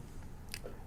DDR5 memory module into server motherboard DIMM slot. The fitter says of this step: Just using two fingers to push that down. Making sure we hear the clicks.